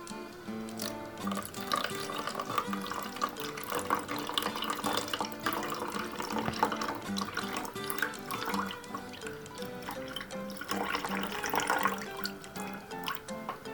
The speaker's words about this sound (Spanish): Y después vamos a echar el agua.